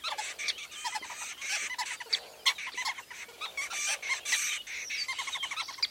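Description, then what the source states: Weavers give busy, continuous chattering of harsh chirps. Recorded at a large weaver nest in Etosha National Park, Namibia.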